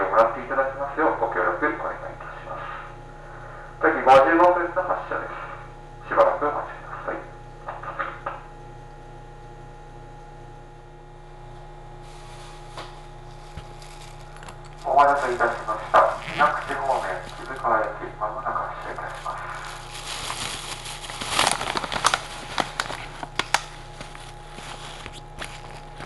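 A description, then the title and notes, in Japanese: A train ride on the Minakuchi–Gamono line runs under a steady low motor hum with a faint constant tone above it. A voice speaks in short bursts near the start and again around fifteen seconds, and a bright hiss with rattling builds near twenty seconds. 耳で楽しむ鉄道旅 水口・蒲生野線 八日市→貴生川。近江鉄道の南部を走る路線、水口を通りながら貴生川へと抜けていきます。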